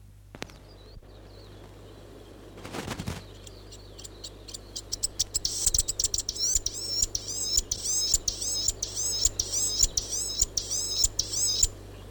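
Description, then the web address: Chatham Island fantail song: after a brief rustle, a long stretch of rapid, squeaky, rising-and-falling high notes mixed with sharp ticks, over a steady low hum. "bird-song chatham-island-fantail"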